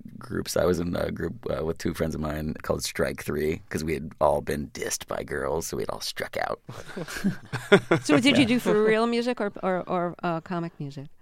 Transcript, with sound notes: I was in a group with two friends of mine called Strike Three because we had all been dissed by girls, so we had all struck out.
(LAUGHTER)
So did you do for-real music or comic music?